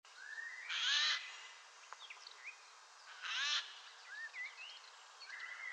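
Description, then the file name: Eurasian jay giving two harsh, raspy screeches about two and a half seconds apart, with thin whistles and chirps from other birds in between. "Garrulus glandarius"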